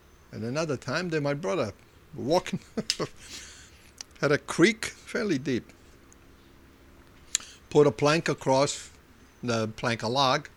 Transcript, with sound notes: At another time, my brother, walking ( he laughs ) at a creek, fairly deep. Put a plank across, not a plank, a log.